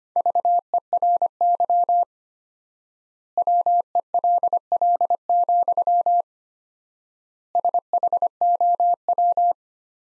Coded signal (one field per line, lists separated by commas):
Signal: Morse code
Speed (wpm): 25 wpm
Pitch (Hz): 700 Hz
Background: none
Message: VERY WELL, SHOW